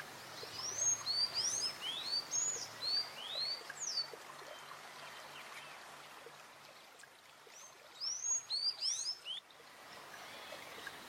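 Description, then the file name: Sayaca tanager song in two bursts of high, squeaky, arched notes, the first lasting about three and a half seconds and the second about one and a half, separated by a quieter gap with steady background noise. "Canto do sanhacu cinzento"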